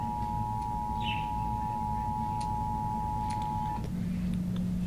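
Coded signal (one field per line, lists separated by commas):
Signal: Emergency Alert System (SAME) tones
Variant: 853 and 960 Hz attention tone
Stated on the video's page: SAME alert tones in a presentation about NOAA weather radios.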